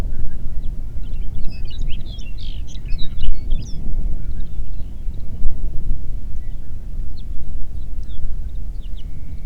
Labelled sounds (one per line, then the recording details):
songbird
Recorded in the Prudhoe Bay oil fields, Alaska, on 8 June 2019 at 04:38
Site 30